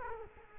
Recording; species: mosquito wingbeat signal from an infrared sensor; Culex quinquefasciatus